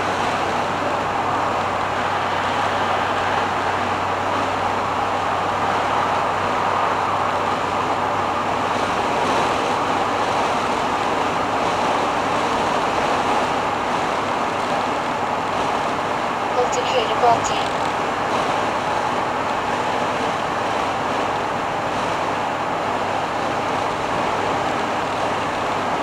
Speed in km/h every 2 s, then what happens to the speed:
85, 85, 87, 88, 88, 89, 89, 89, 89, 90, 90, 90, 91.
0-26 steady at about 89.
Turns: none.